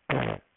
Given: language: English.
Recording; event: throat vibration sensor signal played as sound; throat clearing